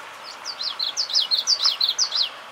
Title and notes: Common Yellowthroat Song I heard an unfamiliar bird singing down at Swan Lake today